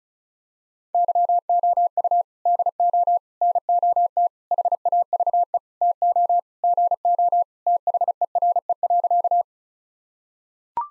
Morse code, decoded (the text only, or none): YOU DO NOT HAVE TO GO THERE.